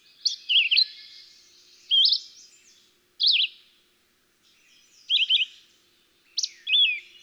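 Red-eyed Vireo singing short whistled phrases that rise and drop sharply, separated by pauses of one to two seconds.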